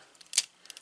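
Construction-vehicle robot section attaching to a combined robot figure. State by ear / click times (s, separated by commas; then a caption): not seated / none. The Mix Master construction-vehicle section of a vintage plastic combining robot toy is slid onto the assembled figure, producing a sharp plastic clack near 0.4 s with faint light ticks and rattles before and after it. Nothing has clicked on; the old parts are loose, so it no longer clicks on the way it used to.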